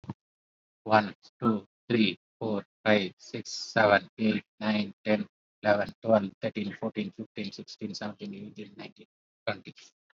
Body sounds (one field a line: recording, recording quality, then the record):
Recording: counting at a fast pace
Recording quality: excellent, no background noise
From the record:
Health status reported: COVID-19 positive, mild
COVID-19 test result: positive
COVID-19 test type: RT-PCR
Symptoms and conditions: cold, diarrhoea, diabetes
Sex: male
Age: 31 years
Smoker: no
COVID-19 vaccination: both doses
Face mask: worn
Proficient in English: yes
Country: India